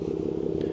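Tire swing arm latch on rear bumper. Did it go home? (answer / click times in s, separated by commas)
no / none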